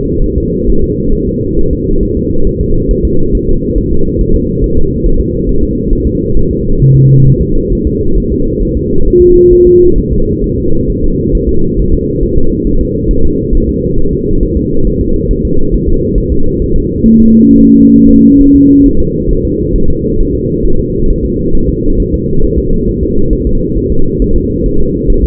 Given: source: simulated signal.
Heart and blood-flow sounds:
fetal heart sounds
0.24 s: S1
0.38 s: S2
0.70 s: S1
0.84 s: S2
1.15 s: S1
1.29 s: S2
1.59 s: S1
1.73 s: S2
2.03 s: S1
2.17 s: S2
2.47 s: S1
2.61 s: S2
2.91 s: S1
3.05 s: S2
3.35 s: S1
3.49 s: S2
3.78 s: S1
3.93 s: S2
4.21 s: S1
4.36 s: S2
4.64 s: S1
4.78 s: S2
5.06 s: S1
5.21 s: S2
5.49 s: S1
5.63 s: S2
5.93 s: S1
6.07 s: S2
6.37 s: S1
6.51 s: S2
6.82 s: S1
6.96 s: S2
7.27 s: S1
7.41 s: S2
7.73 s: S1
7.87 s: S2
8.18 s: S1
8.32 s: S2
8.63 s: S1
8.77 s: S2
9.07 s: S1
9.22 s: S2
9.53 s: S1
9.67 s: S2
9.98 s: S1
10.13 s: S2
10.44 s: S1
10.58 s: S2
10.90 s: S1
11.04 s: S2
11.35 s: S1
11.49 s: S2
11.79 s: S1
11.94 s: S2
12.23 s: S1
12.38 s: S2
12.67 s: S1
12.81 s: S2
13.11 s: S1
13.25 s: S2
13.55 s: S1
13.69 s: S2
13.99 s: S1
14.13 s: S2
14.43 s: S1
14.57 s: S2
14.87 s: S1
15.01 s: S2
15.31 s: S1
15.45 s: S2
15.74 s: S1
15.88 s: S2
16.18 s: S1
16.32 s: S2
16.62 s: S1
16.76 s: S2
17.06 s: S1
17.20 s: S2
17.51 s: S1
17.65 s: S2
17.96 s: S1
18.10 s: S2
18.41 s: S1
18.55 s: S2
18.86 s: S1
19.00 s: S2
19.31 s: S1
19.45 s: S2
19.76 s: S1
19.90 s: S2
20.21 s: S1
20.35 s: S2
20.66 s: S1
20.80 s: S2
21.10 s: S1
21.25 s: S2
21.55 s: S1
21.70 s: S2
22.00 s: S1
22.14 s: S2
22.44 s: S1
22.58 s: S2
22.89 s: S1
23.03 s: S2
23.33 s: S1
23.47 s: S2
23.78 s: S1
23.92 s: S2
24.22 s: S1
24.36 s: S2
24.66 s: S1
24.80 s: S2
25.10 s: S1
25.24 s: S2
From the record:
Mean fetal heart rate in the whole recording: 135 bpm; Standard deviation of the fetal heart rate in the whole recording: 3 bpm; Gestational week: 36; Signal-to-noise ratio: -19.1 dB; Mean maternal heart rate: 72 bpm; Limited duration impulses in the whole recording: present

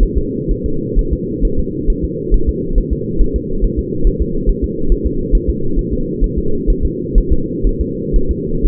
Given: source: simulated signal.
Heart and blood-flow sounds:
fetal heart sounds
0.03 s: S1
0.18 s: S2
0.51 s: S1
0.66 s: S2
0.99 s: S1
1.13 s: S2
1.45 s: S1
1.59 s: S2
1.90 s: S1
2.05 s: S2
2.34 s: S1
2.49 s: S2
2.78 s: S1
2.93 s: S2
3.21 s: S1
3.36 s: S2
3.64 s: S1
3.79 s: S2
4.07 s: S1
4.22 s: S2
4.50 s: S1
4.64 s: S2
4.92 s: S1
5.07 s: S2
5.35 s: S1
5.50 s: S2
5.79 s: S1
5.93 s: S2
6.24 s: S1
6.38 s: S2
6.70 s: S1
6.85 s: S2
7.18 s: S1
7.33 s: S2
7.67 s: S1
7.81 s: S2
8.16 s: S1
8.31 s: S2
8.66 s: S1
From the record:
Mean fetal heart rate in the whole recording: 130 bpm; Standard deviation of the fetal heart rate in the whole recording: 4 bpm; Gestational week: 38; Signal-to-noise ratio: -8.1 dB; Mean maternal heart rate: 72 bpm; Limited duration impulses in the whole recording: absent

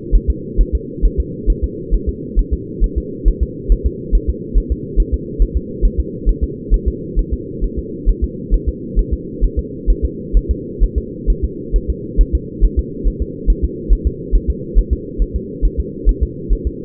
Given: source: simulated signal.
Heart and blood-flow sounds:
fetal heart sounds
0.15 s: S1
0.30 s: S2
0.61 s: S1
0.75 s: S2
1.05 s: S1
1.20 s: S2
1.50 s: S1
1.64 s: S2
1.94 s: S1
2.09 s: S2
2.39 s: S1
2.53 s: S2
2.84 s: S1
2.98 s: S2
3.28 s: S1
3.43 s: S2
3.72 s: S1
3.86 s: S2
4.15 s: S1
4.30 s: S2
4.58 s: S1
4.72 s: S2
5.00 s: S1
5.14 s: S2
5.42 s: S1
5.57 s: S2
5.85 s: S1
6.00 s: S2
6.29 s: S1
6.44 s: S2
6.74 s: S1
6.88 s: S2
7.19 s: S1
7.33 s: S2
7.64 s: S1
7.79 s: S2
8.09 s: S1
8.24 s: S2
8.54 s: S1
8.69 s: S2
8.99 s: S1
9.13 s: S2
9.44 s: S1
9.59 s: S2
9.90 s: S1
10.05 s: S2
10.37 s: S1
10.51 s: S2
10.84 s: S1
10.98 s: S2
11.30 s: S1
11.44 s: S2
11.76 s: S1
11.90 s: S2
12.21 s: S1
12.35 s: S2
12.64 s: S1
12.79 s: S2
13.08 s: S1
13.22 s: S2
13.50 s: S1
13.64 s: S2
13.93 s: S1
14.07 s: S2
14.35 s: S1
14.50 s: S2
14.78 s: S1
14.93 s: S2
15.22 s: S1
15.36 s: S2
15.65 s: S1
15.80 s: S2
16.09 s: S1
16.23 s: S2
16.53 s: S1
16.67 s: S2
From the record:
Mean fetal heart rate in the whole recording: 135 bpm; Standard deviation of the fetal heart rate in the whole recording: 3 bpm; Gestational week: 36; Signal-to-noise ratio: -4.1 dB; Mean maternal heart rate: no maternal heart sound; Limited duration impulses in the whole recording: absent

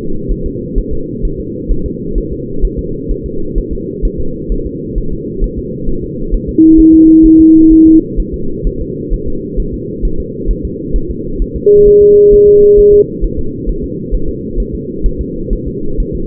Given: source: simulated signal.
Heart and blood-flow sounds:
fetal heart sounds
0.32 s: S1
0.46 s: S2
0.78 s: S1
0.93 s: S2
1.25 s: S1
1.40 s: S2
1.72 s: S1
1.86 s: S2
2.18 s: S1
2.33 s: S2
2.65 s: S1
2.79 s: S2
3.11 s: S1
3.26 s: S2
3.58 s: S1
3.73 s: S2
4.05 s: S1
4.20 s: S2
4.52 s: S1
4.66 s: S2
4.98 s: S1
5.13 s: S2
5.44 s: S1
5.59 s: S2
5.89 s: S1
6.04 s: S2
6.34 s: S1
6.49 s: S2
6.80 s: S1
6.94 s: S2
7.26 s: S1
7.40 s: S2
7.72 s: S1
7.87 s: S2
8.20 s: S1
8.34 s: S2
8.67 s: S1
8.81 s: S2
9.14 s: S1
9.28 s: S2
9.60 s: S1
9.74 s: S2
10.05 s: S1
10.20 s: S2
10.51 s: S1
10.65 s: S2
10.96 s: S1
11.11 s: S2
11.42 s: S1
11.56 s: S2
11.88 s: S1
12.02 s: S2
12.34 s: S1
12.48 s: S2
12.79 s: S1
12.94 s: S2
13.24 s: S1
13.39 s: S2
13.69 s: S1
13.84 s: S2
14.15 s: S1
14.29 s: S2
14.60 s: S1
14.75 s: S2
15.06 s: S1
15.21 s: S2
15.53 s: S1
15.68 s: S2
16.00 s: S1
16.15 s: S2
From the record:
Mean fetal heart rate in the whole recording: 130 bpm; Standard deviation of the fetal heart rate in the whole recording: 4 bpm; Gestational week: 38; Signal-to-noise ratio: -8.1 dB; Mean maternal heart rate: 72 bpm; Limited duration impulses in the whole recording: present

